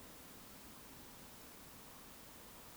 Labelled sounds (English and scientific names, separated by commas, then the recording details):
Eurasian Woodcock (Scolopax rusticola) whistle
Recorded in Baden-Württemberg, Germany, on 18 June 2021 at 20:32 UTC
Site 49334, 1074 m above sea level